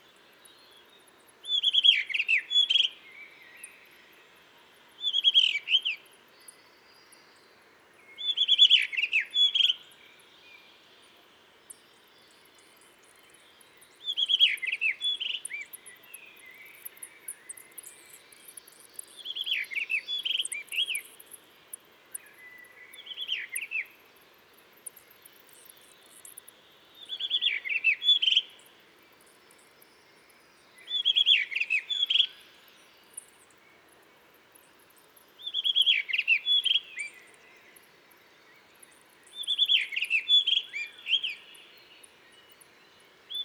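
A blue rock thrush sings from a cliff in short, bright phrases repeated every three to four seconds, each lasting about a second. Softer scattered ticks fill some gaps, especially mid-clip, against a quiet, still background.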